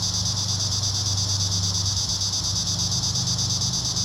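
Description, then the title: Cicadas in a dense, steady buzzing chorus, high-pitched and continuous with a fast pulsing texture, over a low engine-like hum. Several cicadas in a park. "neoscenes: cicadas in the park"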